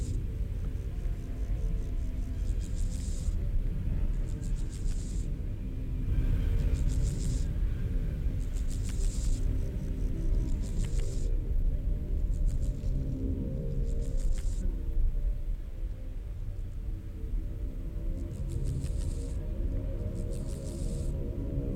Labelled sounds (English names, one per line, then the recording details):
Water-meadow Grasshopper stridulation
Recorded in the wild
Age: imago
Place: Schildow, NSG, Kalktuffgelände am Tegeler Fließ (NSG Schildow), Berlin, DE
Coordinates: 52.642, 13.368
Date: 1993-08-14 11:10
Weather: sonnig, 24-28°C
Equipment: Marantz CP 430, Sennheiser ME 80, Kopie Uher Variocord 263
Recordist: Tembrock, Günter